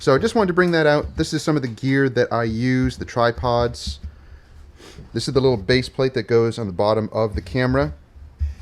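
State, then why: Not seated. Someone talks while handling a small quick-release baseplate from the bottom of a camera, about to push it into a tripod head. Only speech and faint background hum are heard. Nothing has seated or clicked yet.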